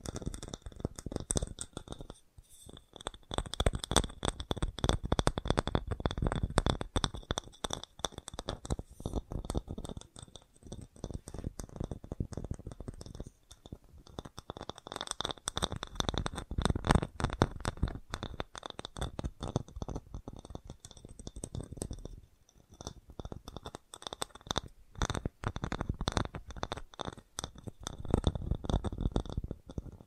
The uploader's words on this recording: FAST TAPPING (No Talking).